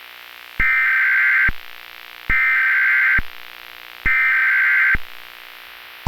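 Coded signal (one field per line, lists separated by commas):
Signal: Emergency Alert System (SAME) tones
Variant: header bursts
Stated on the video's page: Simulated EAS scenario.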